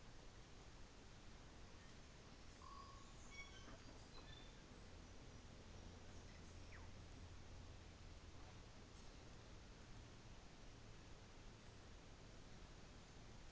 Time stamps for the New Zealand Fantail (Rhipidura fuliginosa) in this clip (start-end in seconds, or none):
6.01-6.92, 8.61-9.28